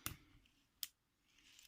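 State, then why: Seated. A small watch strap or bracelet part is fitted back into a watch, and it clicks in at 0.1 s and again at 0.8 s. Two sharp, bright clicks stand out against a quiet background, with faint small sounds near the end. The part is seated.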